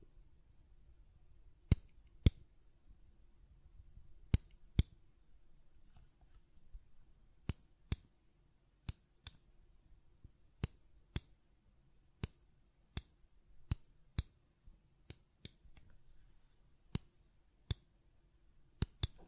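Sharp button clicks and taps sound one at a time, roughly every half second to second, with occasional quick pairs. Each click is crisp and bright, stopping instantly. Underneath runs a faint, steady low hum.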